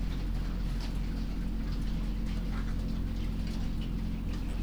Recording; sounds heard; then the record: poultry house recording; sick chickens (respiratory disease)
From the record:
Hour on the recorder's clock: 21